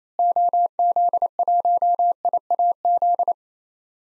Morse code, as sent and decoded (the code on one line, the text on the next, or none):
--- --.. .---- .. .- --..
OZ1IAZ